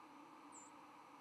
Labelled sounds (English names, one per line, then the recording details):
White-throated Sparrow flight call
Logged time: 07:31 on 11 November 2014